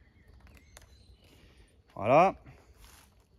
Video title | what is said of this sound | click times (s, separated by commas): MOSKITO WING TARP - Amazonas ultra light - Déballage LIVE | voilà une fois que c'est clipsé je peux venir donc tirer sur mon tarp | 0.8 s